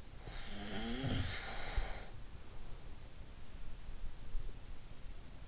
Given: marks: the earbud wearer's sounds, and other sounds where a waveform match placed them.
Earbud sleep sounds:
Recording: sounds in sleep by an in-ear microphone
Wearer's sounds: snoring breath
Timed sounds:
0.40-2.67 s: snoring breath

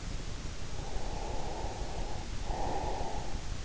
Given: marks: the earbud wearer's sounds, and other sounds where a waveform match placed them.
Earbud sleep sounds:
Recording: sounds in sleep by an in-ear microphone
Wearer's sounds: breath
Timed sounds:
0.73-3.46 s: breath

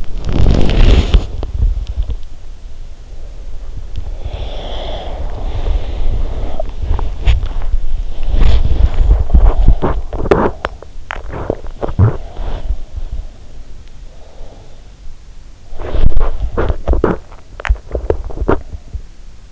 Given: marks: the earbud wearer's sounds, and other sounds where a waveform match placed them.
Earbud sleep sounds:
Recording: sounds in sleep by an in-ear microphone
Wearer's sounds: body movement, breath, teeth grinding, swallowing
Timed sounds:
0.00-1.49 s: body movement
4.05-7.12 s: breath
6.77-10.96 s: teeth grinding
10.96-11.76 s: swallowing
11.59-13.15 s: teeth grinding
13.84-14.75 s: breath
15.66-17.38 s: body movement
15.96-19.26 s: teeth grinding
17.43-18.01 s: swallowing

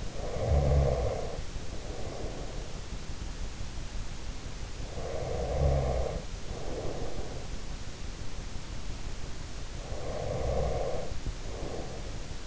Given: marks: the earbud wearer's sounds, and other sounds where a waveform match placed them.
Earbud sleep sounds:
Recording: sounds in sleep by an in-ear microphone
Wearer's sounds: breath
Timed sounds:
0.00-2.92 s: breath
4.73-7.91 s: breath
9.82-12.46 s: breath

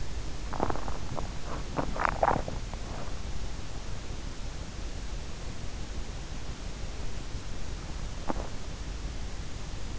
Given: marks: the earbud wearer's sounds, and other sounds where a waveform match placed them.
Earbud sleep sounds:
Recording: sounds in sleep by an in-ear microphone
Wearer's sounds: teeth grinding, swallowing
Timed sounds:
0.00-1.82 s: teeth grinding
1.99-2.59 s: swallowing

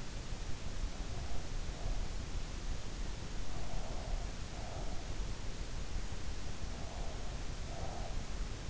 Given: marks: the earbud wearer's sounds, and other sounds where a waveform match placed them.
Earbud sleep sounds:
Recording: sounds in sleep by an in-ear microphone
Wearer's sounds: breath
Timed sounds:
3.30-5.12 s: breath
6.49-8.70 s: breath

